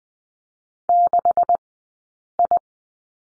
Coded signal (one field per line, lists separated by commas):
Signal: Morse code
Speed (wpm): 20 wpm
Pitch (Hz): 700 Hz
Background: none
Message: 6I